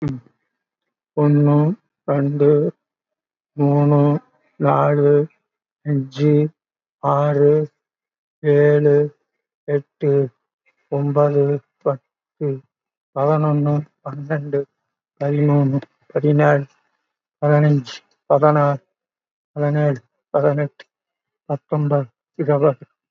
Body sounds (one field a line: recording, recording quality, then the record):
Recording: counting at a fast pace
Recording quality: moderate, slight background noise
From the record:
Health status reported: COVID-19 positive, mild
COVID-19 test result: positive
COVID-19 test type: RT-PCR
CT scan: not taken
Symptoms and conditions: cough, cold, breathing difficulty, fever, fatigue, muscle pain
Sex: male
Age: 80 years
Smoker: no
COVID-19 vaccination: none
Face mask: worn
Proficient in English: no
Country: India